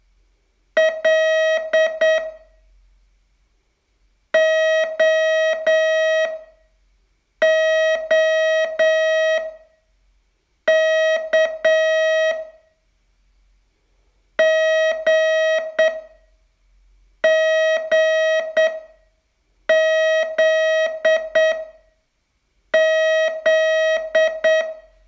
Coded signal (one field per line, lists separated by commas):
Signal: Morse code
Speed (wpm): 8 wpm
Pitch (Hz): 640 Hz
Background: none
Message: L OOK GGZZ